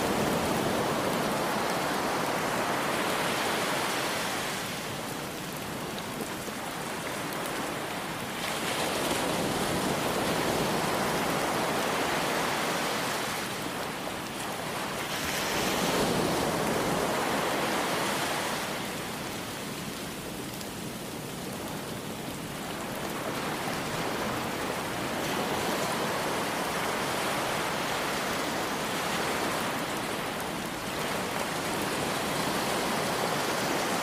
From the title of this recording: Rain Sounds & Ocean Waves White Noise